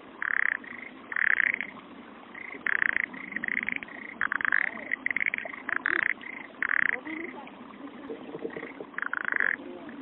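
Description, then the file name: Frog croaking in repeated raspy pulsed bursts, each lasting about a second or less, separated by short gaps, over a soft background hiss. "kaeru"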